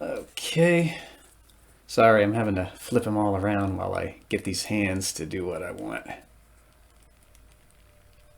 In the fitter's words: Snaps right in there.